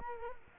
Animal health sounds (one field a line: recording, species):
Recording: mosquito wingbeat signal from an infrared sensor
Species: Culex quinquefasciatus